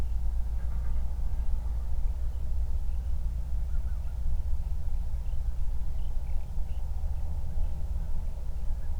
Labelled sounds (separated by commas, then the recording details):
songbird, waterfowl, wind, man-made sound
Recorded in the Prudhoe Bay oil fields, Alaska, on 31 July 2019 at 08:45
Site 24